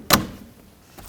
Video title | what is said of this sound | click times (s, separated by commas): Cabin Air Filter Door 2007-2010 Chrysler Sebring | make sure it clicks on reattach it on the bottom first and push | 0.1 s